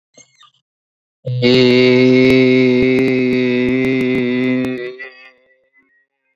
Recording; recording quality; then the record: sustained vowel as in made; excellent, no background noise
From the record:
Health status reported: healthy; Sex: male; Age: 29 years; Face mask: worn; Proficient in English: yes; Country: India